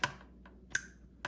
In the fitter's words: there it is okay so it clicked in